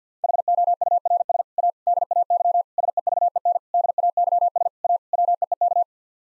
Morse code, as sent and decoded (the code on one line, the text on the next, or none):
.... --- ..- .-. ... / .- / -.. .- -.-- / ... . ...- . -. / -.. .- -.-- ... / .- / .-- . . -.-
HOURS A DAY SEVEN DAYS A WEEK